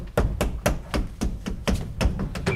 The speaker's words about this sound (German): Halt mal, klopfen Sie die Rückwand des Schrankes ab hier, ja?